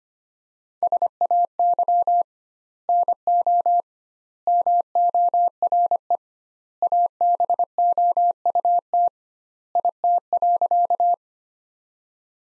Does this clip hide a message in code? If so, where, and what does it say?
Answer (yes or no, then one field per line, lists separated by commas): yes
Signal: Morse code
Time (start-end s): 0.8-11.1 s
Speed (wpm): 25 wpm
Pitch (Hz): 700 Hz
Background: none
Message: SAY NO MORE ABOUT IT.